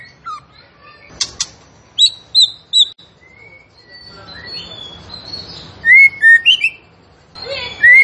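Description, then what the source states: Zebra finch giving scattered sharp clicks and chirps, a few thin whistles, then bright rapid upslurred notes late in the passage, with soft background hiss. Masteran recording for training songbirds, featuring a gacor, actively singing, tembakan bird.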